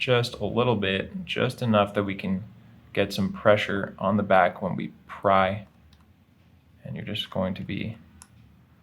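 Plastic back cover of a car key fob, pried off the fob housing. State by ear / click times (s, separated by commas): released / 8.2 s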